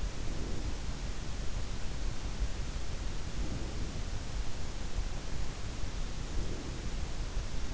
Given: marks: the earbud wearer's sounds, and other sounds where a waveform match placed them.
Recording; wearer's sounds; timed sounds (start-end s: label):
sounds in sleep by an in-ear microphone; breath
0.00-1.07 s: breath
3.07-4.18 s: breath
6.07-7.26 s: breath